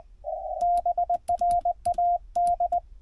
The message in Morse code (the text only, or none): BRAD